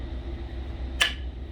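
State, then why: Seated. A removable part is pushed back down onto a Carpigiani soft-serve ice cream machine during reassembly, with a steady low hum in the background. A single sharp, loud snap rings out at 1.0 s as the part seats firmly back into place.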